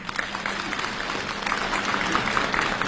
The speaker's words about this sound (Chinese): 感谢朋友们的掌声。